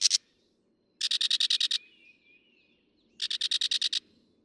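Northern mockingbird song: harsh rapid pulsed bursts repeated in groups of about eight, separated by quiet gaps with faint thin whistles between.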